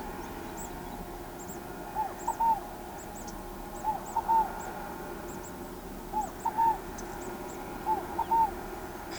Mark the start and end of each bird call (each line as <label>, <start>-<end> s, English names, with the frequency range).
Tropical Kingbird (5.0-16.2 kHz), 0.00-7.55 s